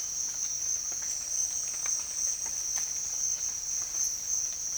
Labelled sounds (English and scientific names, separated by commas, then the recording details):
none
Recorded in dense forest near Puerto Asís, Putumayo, Colombia, on 20 December 2024 at 06:30
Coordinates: 0.484, -76.325
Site G056